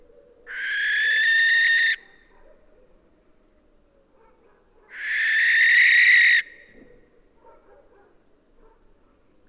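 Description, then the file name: Western barn owl giving two long, harsh, hissing screeches, each about one and a half seconds, spaced several seconds apart over a faint low background hum. "Western Barn Owl Tyto alba"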